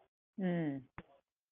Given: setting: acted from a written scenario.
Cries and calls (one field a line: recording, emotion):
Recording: vocal sound without words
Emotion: neutral